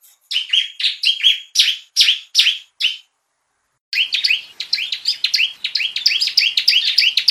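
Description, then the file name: Prinia song: sharp, high chirps repeated in a quick series, a brief pause, then a faster run of bright chirped notes. "suara burung ciblek semi"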